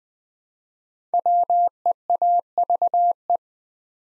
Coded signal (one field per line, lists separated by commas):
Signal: Morse code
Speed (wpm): 20 wpm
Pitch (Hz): 700 Hz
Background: none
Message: WEAVE